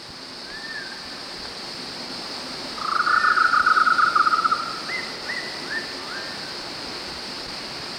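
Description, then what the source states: Golden-naped barbet producing a single quick trill of rapidly repeated notes lasting under two seconds, followed by a few soft slurred notes against a steady insect drone. 1 March 2008.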